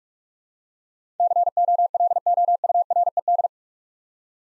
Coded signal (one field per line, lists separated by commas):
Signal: Morse code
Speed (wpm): 41 wpm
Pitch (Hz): 700 Hz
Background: none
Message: COLOURED